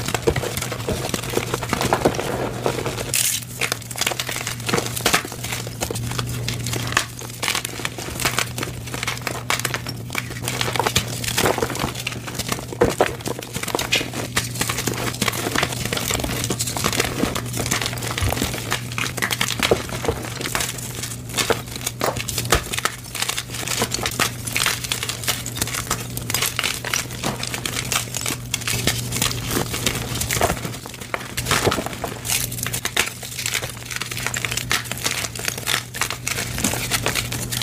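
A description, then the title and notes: Gym chalk is handled in a steady stream of crumbly, crinkling crunches, like a block being squeezed and crushed. The bright, dense crackle runs throughout at an even level, with sharper snaps scattered every second or so. A constant low hum sits underneath. Rainbow gym chalk compilation.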